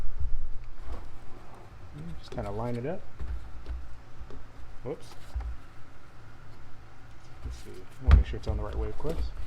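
A plastic air intake duct for a Mercedes-Benz GLK is turned to the correct orientation and lined up over its engine bay mount, ready to be pushed home. Someone talks over soft handling noises and a few brief taps. Nothing has seated or clicked yet.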